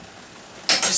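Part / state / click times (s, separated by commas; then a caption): fold-up bunk bed hinge latch in an RV bunk frame / seated / 0.7 s. The bottom bunk bed in a Keystone RV Fuzion travel trailer is lifted up into couch position, and its fold-up hinge latch in the bunk frame snaps shut with a sharp metallic click at 0.7 s. A second bright burst follows at about 0.8 s after a quiet lead-in. The bunk locks into place as a couch.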